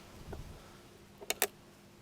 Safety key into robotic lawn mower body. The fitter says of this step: it in, then you have the key which is there and there we hear the click, so everything is there is connected